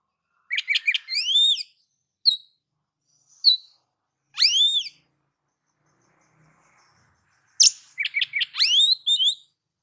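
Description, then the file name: Oriental magpie-robin song in bursts: rapid chirps, clear upslurred whistles and sharp notes, with a long quiet gap midway. "Suara-Kacer-Versi-7"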